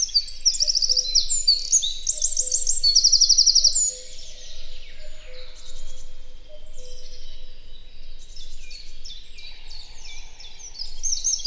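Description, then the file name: Eurasian wren gives a vigorous high song of quick trills ending in a sustained rattle; softer twittering follows. "Troglodytes troglodytes"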